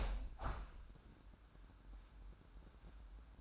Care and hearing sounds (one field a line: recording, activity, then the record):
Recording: daily activity, microphone in the room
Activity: open window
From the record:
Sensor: 2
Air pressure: 998.4 hPa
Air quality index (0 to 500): 138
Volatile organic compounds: 4 ppm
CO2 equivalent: 1564 ppm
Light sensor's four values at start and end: 7/17/7/8 and 7/17/7/8